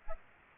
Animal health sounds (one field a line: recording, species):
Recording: mosquito wingbeat signal from an infrared sensor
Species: Aedes aegypti